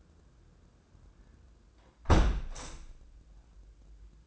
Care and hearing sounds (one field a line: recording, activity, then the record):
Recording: daily activity, microphone in the room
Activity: close window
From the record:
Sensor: 2